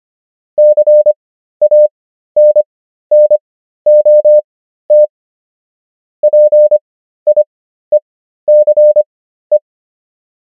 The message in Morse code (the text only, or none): CANNOT PIECE